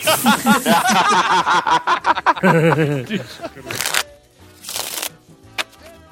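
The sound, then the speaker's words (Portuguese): People talk over a few seconds of laughter-tinged chatter, then two short, crisp riffling bursts of a Spanish deck of playing cards being shuffled break through as the voices fade. “O meu baralho espanhol tá se esvaindo aqui.”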